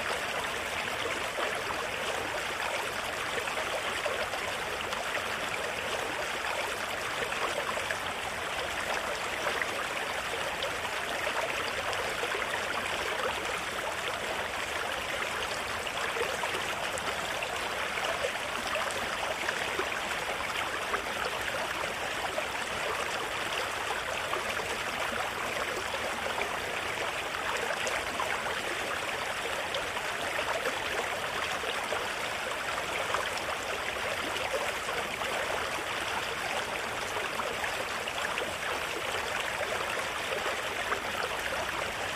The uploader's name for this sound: Mountain River Water Sounds